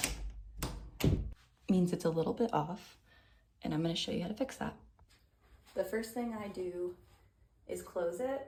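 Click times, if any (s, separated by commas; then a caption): none. A wooden interior door is pushed shut, and its latch bolt bumps against the strike plate on the door frame with thunks at about 0.0, 0.6 and 1.0 seconds. The door is not latching correctly, and nothing has caught or clicked into place. Someone then talks for the rest of the clip.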